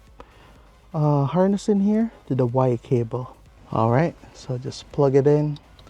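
A plastic factory harness connector on a 2023 Toyota Sequoia is being handled and brought to the Y cable during a Protect X installation. Someone talks throughout, with a few faint handling ticks near the start and end. Nothing has seated or clicked yet.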